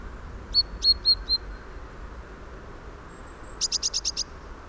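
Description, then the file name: Eurasian blue tit calls: four thin, high notes in quick succession, a pause, then a brief rapid burst of six sharp high notes. "Cyanistes caeruleus"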